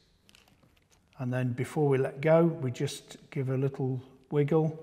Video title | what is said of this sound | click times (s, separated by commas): Handling a Nikon DSLR | and turn it anti clockwise until it clicks and then | 0.3 s